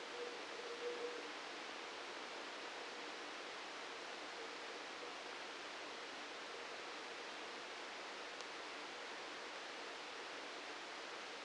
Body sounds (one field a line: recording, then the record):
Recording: brain microelectrode recording played as sound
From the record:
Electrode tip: outside the subthalamic nucleus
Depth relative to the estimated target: -4 mm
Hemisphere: right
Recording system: NeuroSet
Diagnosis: Parkinson's disease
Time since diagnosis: 9 years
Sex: male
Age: 61 years